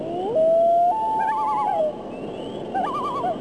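Loon calls: a long sustained wail rising then holding steady, followed by wavering tremolo notes, the quavering phrase repeating near the end.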